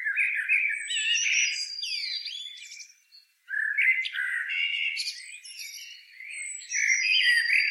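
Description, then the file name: Common blackbird song with sliding, whistled notes and scratchy high flourishes, broken by one short silence before another busy phrase. "Turdus merula"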